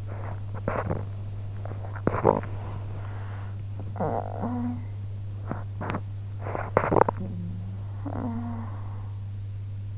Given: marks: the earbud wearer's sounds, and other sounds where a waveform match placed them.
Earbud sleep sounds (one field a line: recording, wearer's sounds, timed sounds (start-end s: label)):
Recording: sounds in sleep by an in-ear microphone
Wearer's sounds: teeth grinding, breath, talking in sleep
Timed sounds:
0.00-2.61 s: teeth grinding
2.61-3.68 s: breath
3.68-5.05 s: talking in sleep
5.05-7.92 s: teeth grinding
7.92-9.40 s: talking in sleep